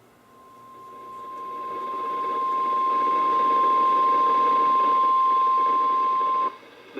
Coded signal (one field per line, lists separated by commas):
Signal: Emergency Alert System (SAME) tones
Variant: 1050 Hz attention tone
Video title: EAS #1450-#1454: KY TOR Drill, Antennas, and High Winds | WWG81